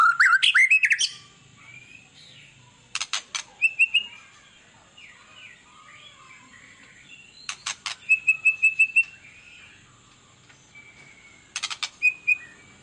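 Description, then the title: White-rumped shama song in short bursts of sharp chips and thin whistles, separated by long quiet stretches with faint background hiss. Song played as a lure to draw a response from other birds; described as gacor, a bird singing constantly. "PANCINGAN MEWAH MURAI BATU GACOR, SEKALI DENGAR AMPUH LANGSUNG RESPON"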